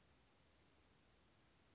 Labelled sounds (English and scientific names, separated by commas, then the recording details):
Western Flycatcher (Empidonax difficilis)
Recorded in Sonoma County, California